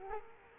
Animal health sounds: mosquito wingbeat signal from an infrared sensor; Culex quinquefasciatus

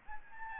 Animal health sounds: mosquito wingbeat signal from an infrared sensor; Aedes albopictus

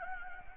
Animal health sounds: mosquito wingbeat signal from an infrared sensor; Anopheles gambiae

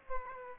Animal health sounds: mosquito wingbeat signal from an infrared sensor; Aedes aegypti

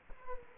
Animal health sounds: mosquito wingbeat signal from an infrared sensor; Culex quinquefasciatus

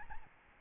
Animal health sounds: mosquito wingbeat signal from an infrared sensor; Aedes albopictus

